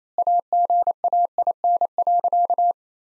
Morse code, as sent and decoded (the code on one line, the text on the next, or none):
.- --. .- .. -. .-.-.-
AGAIN.